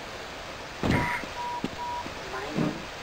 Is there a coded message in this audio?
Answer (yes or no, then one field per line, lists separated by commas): no